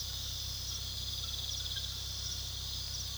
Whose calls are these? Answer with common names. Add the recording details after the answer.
none. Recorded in pastures near Puerto Asís, Putumayo, Colombia, on 19 February 2024 at 01:00. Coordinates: 0.486, -76.323. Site G6462